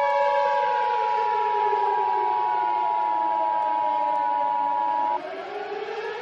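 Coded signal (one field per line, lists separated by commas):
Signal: Emergency Alert System (SAME) tones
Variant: 853 and 960 Hz attention tone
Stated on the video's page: Fictional EAS scenario containing valid EAS tones.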